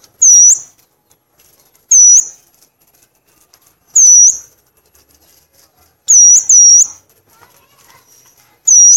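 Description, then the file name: Violaceous euphonia calls, a high looping whistled note repeated about every two seconds, once doubled, over quiet background. "canto do gaturamo verdadeiro"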